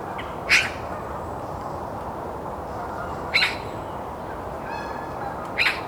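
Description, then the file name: Eurasian magpie producing three rough, grating calls spaced a few seconds apart, with faint twittering and low steady noise between them. "Pica pica"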